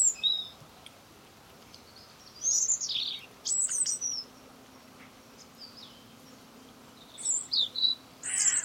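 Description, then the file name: European robin giving short, high, sliding and tinkling phrases separated by pauses of varying length, over faint background hiss. "Erithacus rubecula"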